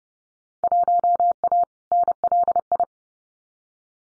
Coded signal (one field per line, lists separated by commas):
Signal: Morse code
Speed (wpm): 30 wpm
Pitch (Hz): 700 Hz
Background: none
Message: 1A NLI